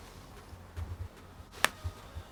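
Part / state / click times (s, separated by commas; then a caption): crutch clip in the crutch tube / seated / 1.6 s. A crutch clip is worked in the crutch tube while the crutch is held close, with a few soft low bumps of handling around it. A single sharp, bright click comes at 1.6 s as the clip snaps into place in the tube, and the clip is seated.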